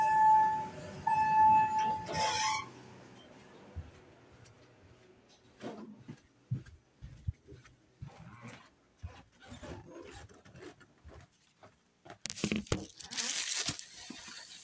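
Household cleaning begins with a steady whining motor tone that cuts off after about two seconds, along with a short spray hiss. Scattered taps, knocks and rubbing wipes follow irregularly, then a bright burst of spraying hisses from around twelve to fourteen seconds.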